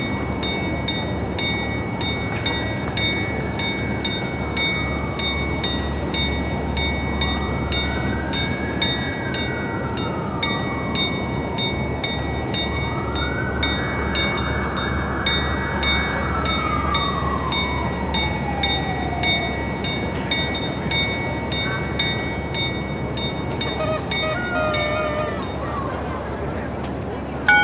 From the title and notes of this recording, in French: Impression sonore de la ville de Prague - République Tchèque réalisée à partir d'enregistrements de Nicolas Dubois.